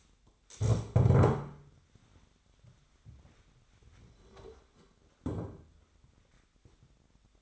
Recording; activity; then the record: daily activity, microphone in the room; stand up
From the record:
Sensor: 3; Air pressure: 1007.7 hPa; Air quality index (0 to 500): 193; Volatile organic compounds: 14 ppm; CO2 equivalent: 2473 ppm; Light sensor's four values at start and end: 12/28/12/12 and 12/28/12/12